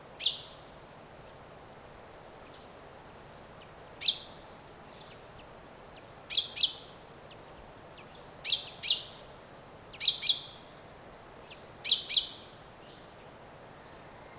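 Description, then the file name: Common chaffinch giving short sharp 'pink' calls, single or in quick pairs, every few seconds, with faint calls in between. "Fringilla coelebs"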